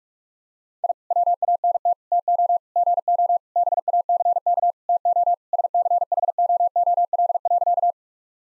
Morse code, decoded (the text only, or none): I WANT TO GO BACK TO SCHOOL.